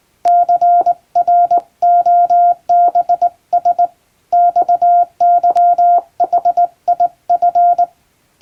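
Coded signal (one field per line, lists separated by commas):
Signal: Morse code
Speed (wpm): 21 wpm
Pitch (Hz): 700 Hz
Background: none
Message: CROBS XYHIF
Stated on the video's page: English Morse test practice sent on a straight key by a first-class radiotelegraph operator in Japan.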